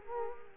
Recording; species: mosquito wingbeat signal from an infrared sensor; Culex quinquefasciatus